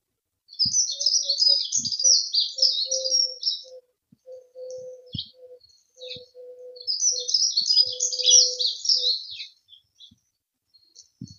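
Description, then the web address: Dunnock giving two rapid, high, jumbled warbling phrases about six seconds apart, with a soft low hum and brief clicks underneath. "Heggemus. heggenmus prunella modularis"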